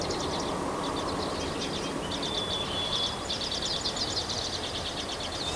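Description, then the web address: Bird song: busy twittering of rapid high chirps, with one long thin whistle midway, over steady background noise. 3 May 2023. "gemlog starlog audio bird song 20230503"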